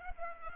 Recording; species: mosquito wingbeat signal from an infrared sensor; Culex pipiens